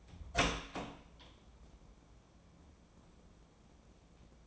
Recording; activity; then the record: daily activity, microphone in the room; open door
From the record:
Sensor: 1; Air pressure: 1012.4 hPa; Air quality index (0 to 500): 163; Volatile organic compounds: 3 ppm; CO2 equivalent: 1336 ppm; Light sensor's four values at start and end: 888/1849/891/993 and 868/1804/871/969